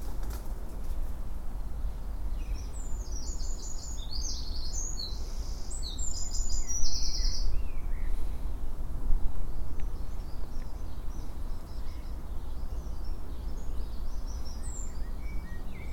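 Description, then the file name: Eurasian wren song, a fast, high, rattling run of sharp notes lasting several seconds, then fainter scattered high notes over a steady low rumble of background noise. "Troglodytes troglodytes"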